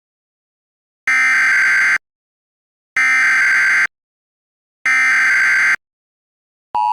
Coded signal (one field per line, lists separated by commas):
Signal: Emergency Alert System (SAME) tones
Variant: header bursts